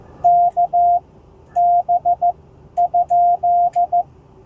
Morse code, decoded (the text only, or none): KB ?